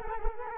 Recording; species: mosquito wingbeat signal from an infrared sensor; Culex quinquefasciatus